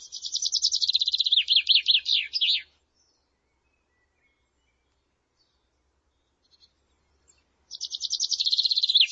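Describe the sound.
Bird song: a long buzzy trill running into fast looping high notes, silence for several seconds, then the buzzy trill starts again.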